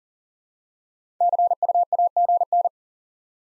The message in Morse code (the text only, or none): CU AGN